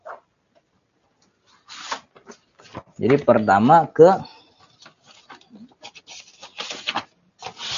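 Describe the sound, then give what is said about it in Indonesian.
Papers rustle and shuffle in short, scratchy bursts as someone searches through them, with a brief stretch of a man talking in the middle. “Mana nih kertas?”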